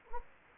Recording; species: mosquito wingbeat signal from an infrared sensor; Anopheles gambiae